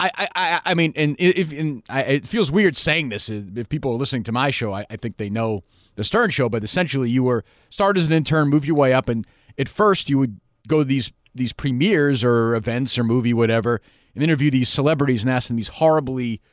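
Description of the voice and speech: A man speaks in a relaxed conversational manner, with steady, clear voicing at a moderate pace and short natural pauses between phrases. Words flow smoothly, with no repetitions, blocks or strained voice. This is ordinary fluent adult speech.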